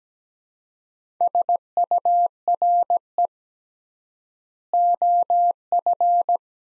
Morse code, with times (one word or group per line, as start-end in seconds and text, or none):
1.2-3.3 SURE
4.7-6.4 OF